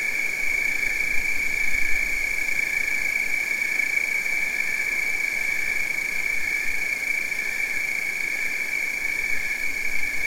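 A nighttime chorus of frogs or insects hums on without a break, a dense, bright, high trill holding one steady pitch for the whole stretch. Its level never rises or falls, and a faint low rumble sits underneath.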